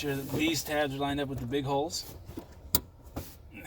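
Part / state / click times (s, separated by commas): fuel pump module retaining tabs into module holes / seated / 2.8 s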